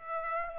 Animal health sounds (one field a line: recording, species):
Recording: mosquito wingbeat signal from an infrared sensor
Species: Aedes aegypti